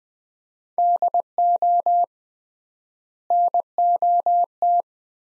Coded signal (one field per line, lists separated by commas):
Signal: Morse code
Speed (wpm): 20 wpm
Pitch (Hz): 700 Hz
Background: none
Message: DO NOT